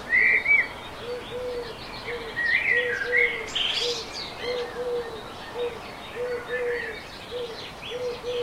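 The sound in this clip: Birds in a dawn chorus: a soft, low hooting note repeated steadily under several high chirping and warbling songbirds.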